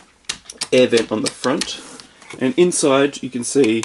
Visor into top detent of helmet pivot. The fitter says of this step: when you get to the top it makes a click so it's not gonna flop down or anything like that